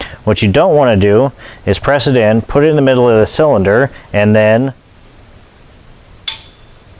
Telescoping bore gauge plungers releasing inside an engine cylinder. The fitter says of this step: click you hear that click it's like it's slamming let me put the microphone down